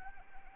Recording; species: mosquito wingbeat signal from an infrared sensor; Anopheles arabiensis